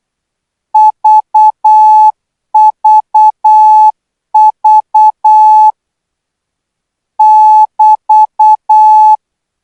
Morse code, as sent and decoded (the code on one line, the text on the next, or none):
...- ...- ...- / -...-
VVV <BT>